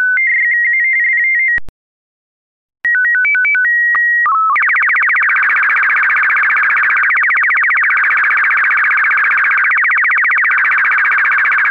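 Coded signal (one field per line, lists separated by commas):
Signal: SSTV (slow-scan television)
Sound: quick stepped beeps, a pause, a steady whistle, chirps, then rhythmic warbling scan tones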